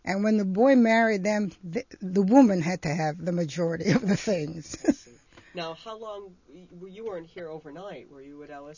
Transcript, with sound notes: And when the boy married them the woman had to have majority of the things. (she laughs)
I see. Now, how long, you weren't here over night, were you, at Ellis?